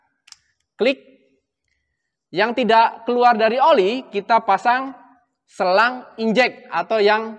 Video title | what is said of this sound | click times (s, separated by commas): Tutorial - ATF Heshbon HO-211 | dari transmisi automatic kita pasangkan klik | 0.3 s